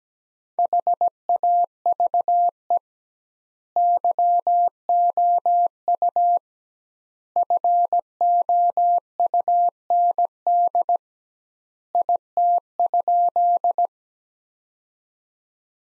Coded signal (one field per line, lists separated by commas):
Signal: Morse code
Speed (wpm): 17 wpm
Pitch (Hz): 700 Hz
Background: none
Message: HAVE YOU FOUND IT?